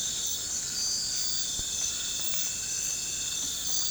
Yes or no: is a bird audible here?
no